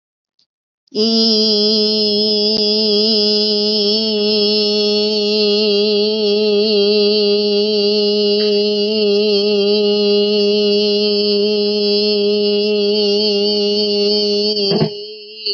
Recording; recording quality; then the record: sustained vowel as in beet; excellent, no background noise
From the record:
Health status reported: healthy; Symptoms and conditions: none ticked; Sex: female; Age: 49 years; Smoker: not ticked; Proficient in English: yes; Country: India